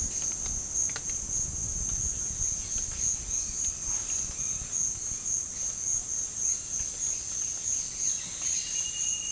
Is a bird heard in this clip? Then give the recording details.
no. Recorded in pastures near Puerto Asís, Putumayo, Colombia, on 30 June 2025 at 13:30. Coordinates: 0.466, -76.322. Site GP07